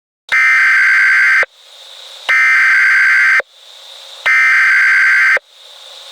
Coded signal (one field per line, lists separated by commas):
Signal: Emergency Alert System (SAME) tones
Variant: header bursts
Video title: FAKE EMERGENCY ALERT SYSTEM Severe Thunderstorm Warning For Franklin County